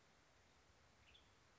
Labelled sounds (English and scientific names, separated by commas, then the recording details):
Western Tanager (Piranga ludoviciana)
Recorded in Sonoma County, California